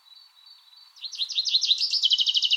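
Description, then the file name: Common chaffinch song: after a thin faint whistle, a loud run of quick repeated notes that speeds into a bright rattling trill. "Fringilla coelebs"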